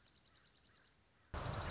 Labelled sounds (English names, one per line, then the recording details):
Dark-eyed Junco
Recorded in Sonoma County, California